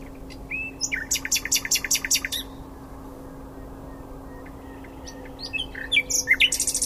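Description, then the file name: Common nightingale song: a burst of rapidly repeated buzzy notes, a quiet pause, then sharp whistles and a fast high trill. "Luscinia megarhynchos"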